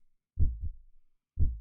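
Low, dull paired thumps, a firm lub followed closely by a softer dub, repeat about one second apart, roughly 60 beats a minute. These are normal adult heart sounds at a typical resting rate; the heart normally beats 60 to 70 times per minute.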